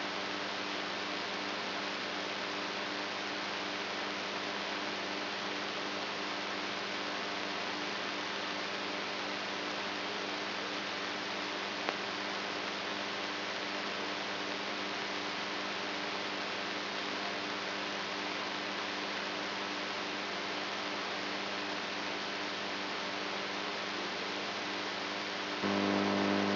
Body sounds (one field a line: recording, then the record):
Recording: brain microelectrode recording played as sound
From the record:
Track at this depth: inside the subthalamic nucleus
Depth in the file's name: 3.32 mm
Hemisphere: right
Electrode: 3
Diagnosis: Parkinson's disease